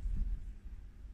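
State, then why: Not seated. The plastic upper part and its cap are handled and pressed back onto a refilled, refillable roll-on deodorant bottle. Only low, soft thumping and handling rumble are heard, with no sharp hits. Nothing has clicked or seated yet.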